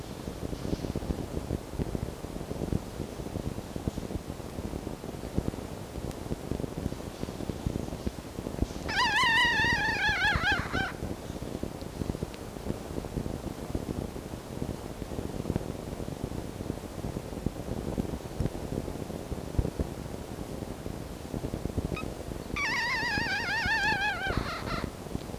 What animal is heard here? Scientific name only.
Vulpes vulpes